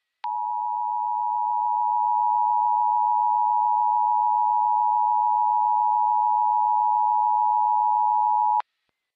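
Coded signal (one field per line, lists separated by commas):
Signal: Emergency Alert System (SAME) tones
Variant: 853 and 960 Hz attention tone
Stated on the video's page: Simulated EAS scenario based on real Flash Flood and Severe Thunderstorm Warnings.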